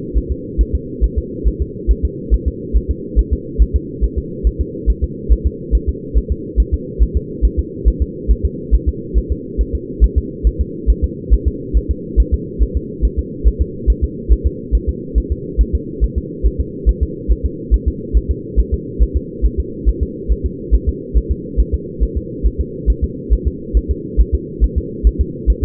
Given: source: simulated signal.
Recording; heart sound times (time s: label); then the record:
fetal heart sounds
0.18 s: S1
0.32 s: S2
0.61 s: S1
0.75 s: S2
1.04 s: S1
1.18 s: S2
1.48 s: S1
1.62 s: S2
1.91 s: S1
2.05 s: S2
2.34 s: S1
2.48 s: S2
2.77 s: S1
2.91 s: S2
3.19 s: S1
3.33 s: S2
3.62 s: S1
3.76 s: S2
4.04 s: S1
4.18 s: S2
4.47 s: S1
4.61 s: S2
4.90 s: S1
5.04 s: S2
5.32 s: S1
5.47 s: S2
5.75 s: S1
5.89 s: S2
6.18 s: S1
6.32 s: S2
6.60 s: S1
6.74 s: S2
7.03 s: S1
7.17 s: S2
7.45 s: S1
7.59 s: S2
7.88 s: S1
8.02 s: S2
8.31 s: S1
8.45 s: S2
8.75 s: S1
8.89 s: S2
9.18 s: S1
9.32 s: S2
9.61 s: S1
9.75 s: S2
10.04 s: S1
10.18 s: S2
10.47 s: S1
10.61 s: S2
10.90 s: S1
11.04 s: S2
11.34 s: S1
11.48 s: S2
11.77 s: S1
11.91 s: S2
12.20 s: S1
12.34 s: S2
12.63 s: S1
12.77 s: S2
13.05 s: S1
13.19 s: S2
13.47 s: S1
13.62 s: S2
13.90 s: S1
14.04 s: S2
14.32 s: S1
14.47 s: S2
14.75 s: S1
14.89 s: S2
15.18 s: S1
15.32 s: S2
15.61 s: S1
15.75 s: S2
16.04 s: S1
16.18 s: S2
16.46 s: S1
16.60 s: S2
16.89 s: S1
17.03 s: S2
17.31 s: S1
17.46 s: S2
17.74 s: S1
17.88 s: S2
18.17 s: S1
18.31 s: S2
18.60 s: S1
18.74 s: S2
19.03 s: S1
19.17 s: S2
19.46 s: S1
19.60 s: S2
19.89 s: S1
20.03 s: S2
20.32 s: S1
20.46 s: S2
20.75 s: S1
20.89 s: S2
21.17 s: S1
21.31 s: S2
21.60 s: S1
21.74 s: S2
22.03 s: S1
22.17 s: S2
22.47 s: S1
22.60 s: S2
22.90 s: S1
23.04 s: S2
23.33 s: S1
23.47 s: S2
23.77 s: S1
23.91 s: S2
24.20 s: S1
24.35 s: S2
24.64 s: S1
24.78 s: S2
25.07 s: S1
25.21 s: S2
25.50 s: S1
25.64 s: S2
From the record:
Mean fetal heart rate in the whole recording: 140 bpm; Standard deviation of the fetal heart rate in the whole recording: 2 bpm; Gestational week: 34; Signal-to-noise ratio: -4.1 dB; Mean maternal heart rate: no maternal heart sound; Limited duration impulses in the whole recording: absent